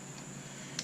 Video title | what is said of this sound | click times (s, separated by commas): Swingarm check, Repairs and Upgrades on a 2001 Kawasaki KDX200 | you heard it click so that's on there always | 0.8 s